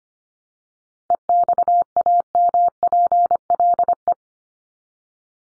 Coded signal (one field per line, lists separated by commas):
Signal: Morse code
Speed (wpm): 25 wpm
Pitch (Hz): 700 Hz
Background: none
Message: EXAMPLE